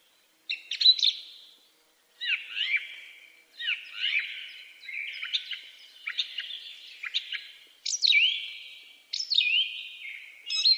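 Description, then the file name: Song thrush song of varied chirpy and whistled phrases separated by short pauses, including some high descending whistles. Melodic song. "song thrush bird melodic song"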